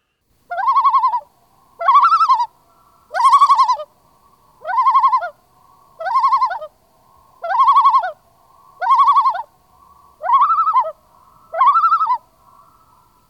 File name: loon for mary holland